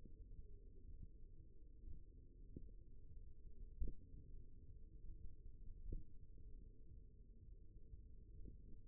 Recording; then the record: forearm muscle sounds (acoustic myography)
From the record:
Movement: thumb flexion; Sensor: system 1, eight BSWA MPA416 microphones around the upper forearm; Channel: 3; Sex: male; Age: 54 years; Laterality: right